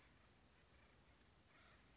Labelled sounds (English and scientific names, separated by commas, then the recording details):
Acorn Woodpecker (Melanerpes formicivorus)
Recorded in Sonoma County, California